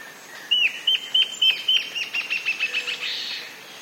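Antbird duet: a series of sharp, down-slurred whistled notes that quicken into a faster chattering run and grow softer towards the end.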